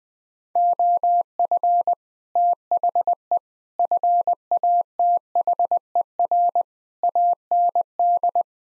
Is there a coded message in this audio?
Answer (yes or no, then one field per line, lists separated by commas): yes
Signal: Morse code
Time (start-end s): 0.6-8.4 s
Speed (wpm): 20 wpm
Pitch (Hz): 700 Hz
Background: none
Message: OF THE FATHER AND